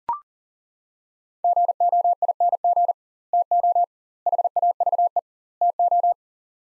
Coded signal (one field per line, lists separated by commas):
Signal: Morse code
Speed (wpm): 40 wpm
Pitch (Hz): 700 Hz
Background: none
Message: GOING TO HAVE TO